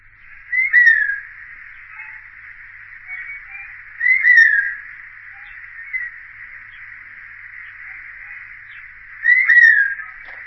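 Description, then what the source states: Forest Buzzard calls: a few clear, downslurred whistled 'pew' notes spaced a few seconds apart, over a steady band of hiss. Characteristic, distinctive, clear and repeated 'pew' call, familiar around Cape Town; it separates this species from the similar-looking but usually silent Steppe Buzzard.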